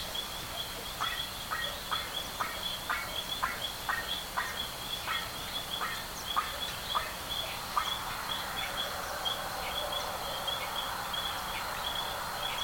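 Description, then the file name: Bird calls: quick succession of short rasping notes for most of the first eight seconds, then a wash of broad hiss, with a shrill steady drone throughout. "SABIOD 50 bird 2015"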